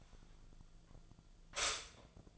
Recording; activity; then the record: daily activity, microphone in the room; stop toaster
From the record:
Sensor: 5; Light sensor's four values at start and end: 89/236/96/101 and 89/236/96/101